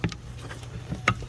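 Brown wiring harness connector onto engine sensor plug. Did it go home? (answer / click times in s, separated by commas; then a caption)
yes / 1.1 s. A brown plastic wiring harness connector is pushed onto an engine sensor plug during oil filter housing replacement on a 2014 Jeep Grand Cherokee V6 3.6L. A few faint ticks sound over a steady low hum, then a sharp click at 1.1 s as the connector snaps home and seats.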